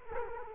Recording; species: mosquito wingbeat signal from an infrared sensor; Culex quinquefasciatus